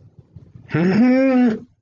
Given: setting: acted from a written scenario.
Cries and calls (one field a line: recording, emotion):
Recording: vocal sound without words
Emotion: confusion